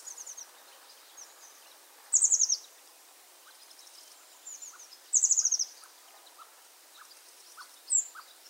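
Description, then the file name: Eurasian blue tit calls: two quick, sharp, very high descending note series about three seconds apart, then a single high note, with faint lower ticking notes in the background. "Cyanistes caeruleus"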